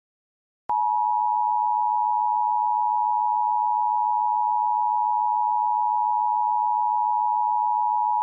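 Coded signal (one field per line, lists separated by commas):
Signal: Emergency Alert System (SAME) tones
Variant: 853 and 960 Hz attention tone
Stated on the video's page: Mock EAS tones, valid SAME tones, for a fictional Hurricane Dorian evacuation alert.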